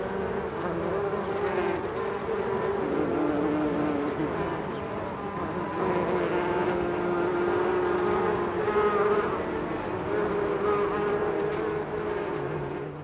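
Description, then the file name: Bees buzzing in a continuous droning hum. Several bees. "benboncan bees"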